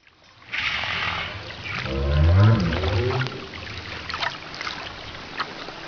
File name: north right